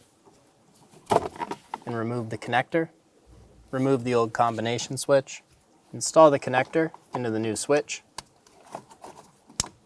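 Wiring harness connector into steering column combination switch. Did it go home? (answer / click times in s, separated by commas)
yes / 9.6 s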